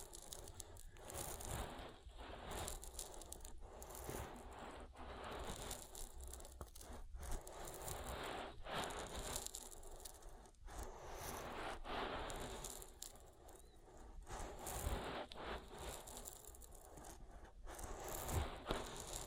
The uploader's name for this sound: ASMR Oil Ear Massage